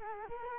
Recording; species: mosquito wingbeat signal from an infrared sensor; Culex quinquefasciatus